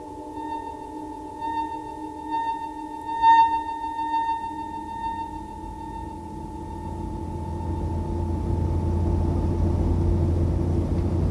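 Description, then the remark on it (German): A car carrying a man and his wife drives along with a steady low engine rumble that slowly grows louder, joined by a sustained humming tone and a brief rattle early on. No one speaks. “Er war mit seiner Frau im Auto gefahren”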